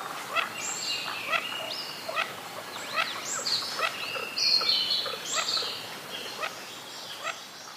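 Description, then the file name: Mandarin duck whistles, high and sweeping, some rising sharply then levelling off. Several come in quick succession over a busy chorus of short clucking and chattering notes. "oshidori"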